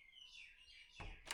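A door is swung closed toward its frame, where a small square strike hole has been ground and chiselled out of the mortar to take the metal latch bolt. High, wavering squeaky tones are followed by a low broadband thud at about 1.0 s and a brief sharp burst at about 1.3 s. The latch has not yet dropped into the hole, and nothing has seated or clicked yet.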